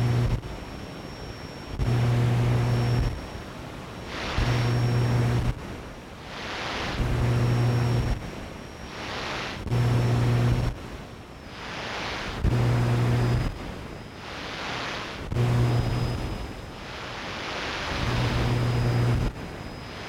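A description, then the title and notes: Shortwave radio static switches on and off in a regular pulse about every two and a half seconds. Each burst carries a low buzzing hum and a hissing sweep that rises and falls like surf, while a thin high whistle runs faintly underneath throughout. My first nighttime voltage controlled shortwave radio experiment with a 25 foot antenna.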